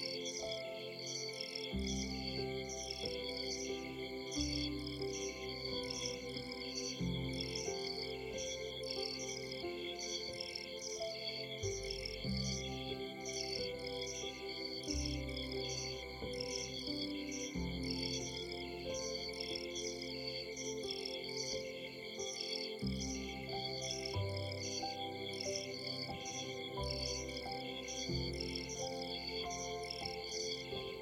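Music plays steadily throughout, with sustained tones and a low bass that shifts in blocks every few seconds. High above it, a dense, regular pulsing of insect or bird chirps repeats without a break, blending with the music at an even loudness for the whole stretch.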